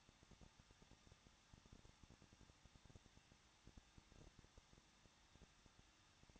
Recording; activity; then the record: daily activity, microphone in the room; no activity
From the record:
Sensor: 3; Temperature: 21.2 degrees Celsius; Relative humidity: 36.2%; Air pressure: 1006.5 hPa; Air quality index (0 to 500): 220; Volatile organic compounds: 39 ppm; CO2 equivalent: 3125 ppm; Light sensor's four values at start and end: 2/3/2/2 and 2/3/2/2